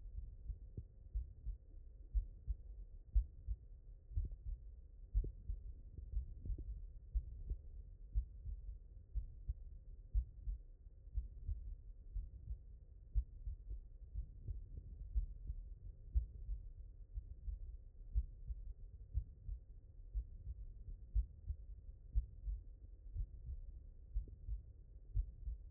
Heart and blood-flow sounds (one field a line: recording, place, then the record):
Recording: heart sounds by stethoscope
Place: mitral valve (MV)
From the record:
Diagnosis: non-HFrEF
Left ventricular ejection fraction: 56%